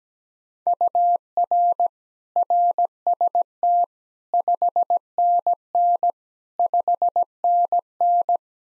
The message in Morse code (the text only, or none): UR RST 5NN 5NN